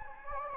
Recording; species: mosquito wingbeat signal from an infrared sensor; Anopheles gambiae